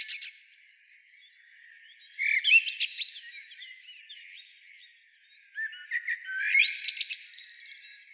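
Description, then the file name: Common blackbird song, two phrases each opening with a rich fluty warble and ending in a sharp, high, scratchy twitter; quiet gap between them. "Turdus merula"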